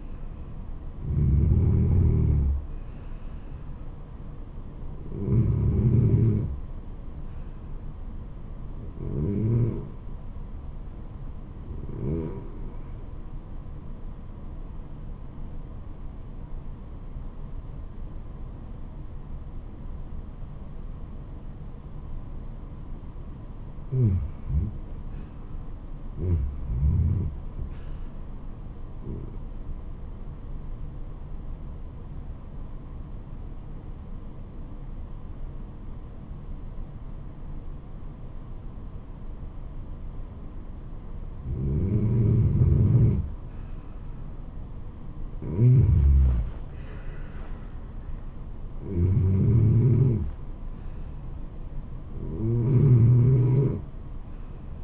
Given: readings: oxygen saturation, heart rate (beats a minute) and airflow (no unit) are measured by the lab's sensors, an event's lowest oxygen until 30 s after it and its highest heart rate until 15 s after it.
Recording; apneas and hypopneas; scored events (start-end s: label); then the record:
breathing in sleep by a smartphone at the bedside; 2
7.00-24.60 s: hypopnea (N1, oxygen 97% highest, then 91% lowest, heart rate 76 at the start, 80 highest)
33.00-44.30 s: obstructive apnea (N1, oxygen 96% highest, then 91% lowest, heart rate 75 at the start, 80 highest)
From the record:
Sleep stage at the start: N1 (lightest sleep); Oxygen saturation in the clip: 90 to 97%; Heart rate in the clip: 74 to 80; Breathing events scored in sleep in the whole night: 426 in 7.4 hours asleep